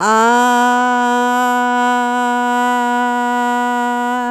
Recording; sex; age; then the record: sustained vowel /a/; female; 50 to 59 years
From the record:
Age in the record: 54 years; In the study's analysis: included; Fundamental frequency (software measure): 244 Hz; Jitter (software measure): 0.42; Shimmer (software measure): 0.41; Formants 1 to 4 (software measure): 902 Hz, 1452 Hz, 2998 Hz, 3756 Hz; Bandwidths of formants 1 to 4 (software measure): 105 Hz, 163 Hz, 209 Hz, 420 Hz